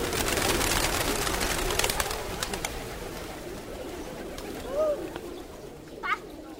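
Hundreds or thousands of pigeons coo in short, low warbling calls at a shady square beside a central temple shrine, with a flurry of wing flaps early on, over a steady, noisy background hum.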